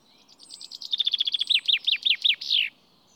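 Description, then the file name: Common chaffinch song: a fast series of clipped notes gathers pace, drops into a string of down-slurred notes and ends with a brief falling flourish. "Fringilla coelebs"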